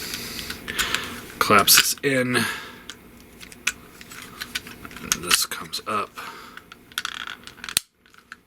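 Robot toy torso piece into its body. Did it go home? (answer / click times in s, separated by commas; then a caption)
yes / 7.0 s. A plastic torso piece on a transforming robot toy is raised into its body while someone talks, with scattered small plastic clicks and handling noises throughout. The piece locks into place with a sharp click at 7.0 s.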